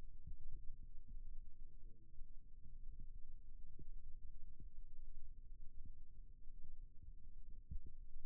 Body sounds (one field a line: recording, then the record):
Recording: forearm muscle sounds (acoustic myography)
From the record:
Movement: rest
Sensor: system 2, bracelet of six BSWA MPA416 microphones around the upper forearm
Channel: 1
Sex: male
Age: 22 years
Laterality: right